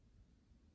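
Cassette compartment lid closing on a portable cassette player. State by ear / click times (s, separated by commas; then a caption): not seated / none. The hinged plastic cassette door of a 1980s Sony Walkman WM-25 portable tape player is being handled as it is pressed toward closed over the loaded tape. Only a low, steady hiss with faint low rumble is heard, with no sharp sounds. The lid has not clicked shut yet, so nothing has seated.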